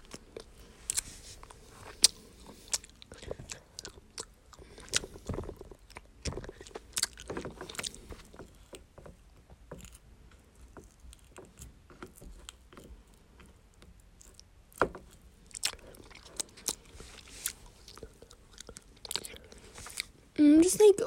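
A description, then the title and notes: Sticky chewing of honeycomb, with dense crackly clicks and wet smacks throughout, a quiet lull near ten seconds, and a brief tone near the end. Honey comb eating.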